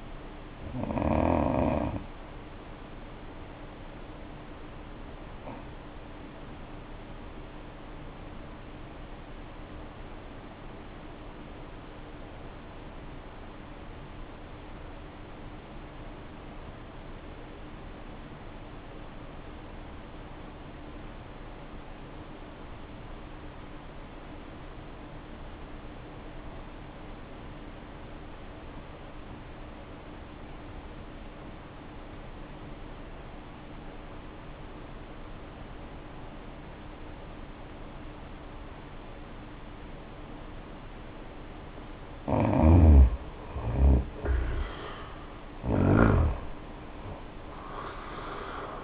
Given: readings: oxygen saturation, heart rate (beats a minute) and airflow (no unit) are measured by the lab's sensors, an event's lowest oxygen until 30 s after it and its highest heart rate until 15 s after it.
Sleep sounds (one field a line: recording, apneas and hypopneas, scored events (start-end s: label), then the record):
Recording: breathing in sleep by a voice recorder at the bedside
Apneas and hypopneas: 1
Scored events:
11.00-40.40 s: obstructive apnea (N1, oxygen 94% highest, then 69% lowest, heart rate 59 at the start, 82 highest)
From the record:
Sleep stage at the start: N1 (lightest sleep)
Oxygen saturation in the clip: 74 to 94%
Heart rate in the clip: 55 to 80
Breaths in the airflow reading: 3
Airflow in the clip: -5.8 to 9.1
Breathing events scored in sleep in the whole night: 520 in 7.2 hours asleep